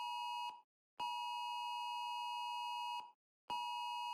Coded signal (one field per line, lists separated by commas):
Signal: Emergency Alert System (SAME) tones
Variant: 853 and 960 Hz attention tone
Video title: The Kidnapping Express| Polar Express EAS Scenario